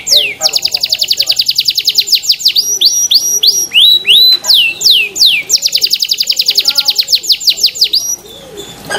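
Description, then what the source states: Canary song: fast high rattling trills alternating with sweeping down-slurred whistles, repeated in bursts, with soft low dove-like cooing underneath. Canary described as gacor (singing often and vigorously).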